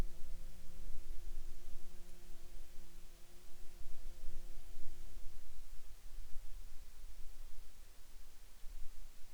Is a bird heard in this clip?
no